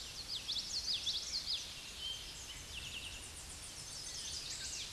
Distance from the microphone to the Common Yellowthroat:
about 15 m